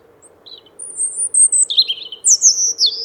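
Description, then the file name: European robin singing a high, thin phrase of drawn-out whistles and quick twittering trills, with a constant low hum underneath. "Golosa ptic i zverei - Zaryanka"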